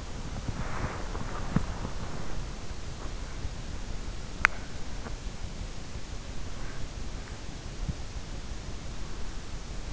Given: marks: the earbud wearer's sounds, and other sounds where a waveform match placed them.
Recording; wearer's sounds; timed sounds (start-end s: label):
sounds in sleep by an in-ear microphone; teeth grinding
0.00-2.59 s: teeth grinding